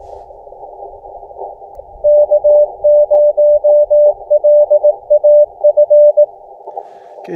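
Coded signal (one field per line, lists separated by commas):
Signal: Morse code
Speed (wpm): 18 wpm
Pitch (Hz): 590 Hz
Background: radio noise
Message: K0LAF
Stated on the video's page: SOTA summit activation on Pole Knoll in northeast Arizona.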